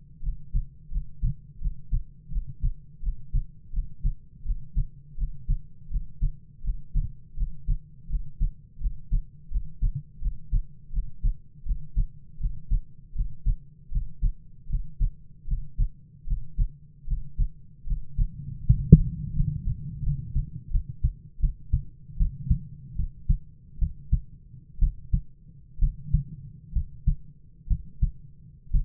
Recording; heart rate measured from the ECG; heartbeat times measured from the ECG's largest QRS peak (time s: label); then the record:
heart sounds by stethoscope; 78 bpm
0.21 s: heartbeat
0.89 s: heartbeat
1.59 s: heartbeat
2.30 s: heartbeat
3.01 s: heartbeat
3.71 s: heartbeat
4.43 s: heartbeat
5.16 s: heartbeat
5.89 s: heartbeat
6.62 s: heartbeat
7.35 s: heartbeat
8.08 s: heartbeat
8.79 s: heartbeat
9.49 s: heartbeat
10.20 s: heartbeat
10.91 s: heartbeat
11.64 s: heartbeat
12.38 s: heartbeat
13.13 s: heartbeat
13.90 s: heartbeat
14.67 s: heartbeat
15.46 s: heartbeat
16.25 s: heartbeat
17.05 s: heartbeat
17.85 s: heartbeat
18.63 s: heartbeat
19.32 s: heartbeat
20.02 s: heartbeat
20.70 s: heartbeat
21.39 s: heartbeat
22.16 s: heartbeat
22.95 s: heartbeat
23.78 s: heartbeat
24.78 s: heartbeat
25.78 s: heartbeat
26.72 s: heartbeat
27.67 s: heartbeat
28.71 s: heartbeat
From the record:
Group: healthy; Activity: Valsalva maneuver 0-20 s, rest 20-29 s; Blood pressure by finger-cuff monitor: 87/57 mmHg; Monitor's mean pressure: 64 mmHg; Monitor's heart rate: 82 bpm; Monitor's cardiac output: 8 L/min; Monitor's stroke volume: 97 mL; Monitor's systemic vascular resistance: 560 dyn s/cm5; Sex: male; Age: 22 years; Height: 185 cm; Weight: 112.4 kg